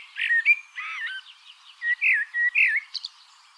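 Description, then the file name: Common blackbird song, clear looping whistled notes, a few rounded warbles in a row, ending with a faint high squeak. "Turdus merula"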